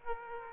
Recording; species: mosquito wingbeat signal from an infrared sensor; Aedes aegypti